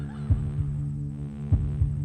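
A heartbeat sound effect of a frightened man's pounding heart on Halloween night: two low, thudding lub-dub beats spaced about a second and a quarter apart, over a steady droning hum that fills the background.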